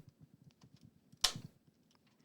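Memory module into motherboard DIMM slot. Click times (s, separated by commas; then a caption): 1.2 s. A first DDR memory stick is pressed down with even thumb pressure into a motherboard DIMM slot, giving a sharp, bright snap at 1.2 s as both plastic locking ears lock into the notches. Faint low ticks and rustles surround it, and the module is seated.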